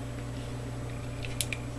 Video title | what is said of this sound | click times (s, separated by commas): Tools - Leatherman Surge Review - Part 1 | locks into place okay | 1.4 s